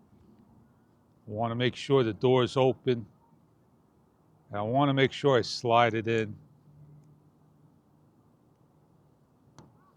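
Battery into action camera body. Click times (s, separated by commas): 9.6 s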